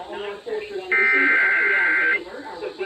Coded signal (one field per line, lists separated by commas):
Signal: Emergency Alert System (SAME) tones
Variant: header bursts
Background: speech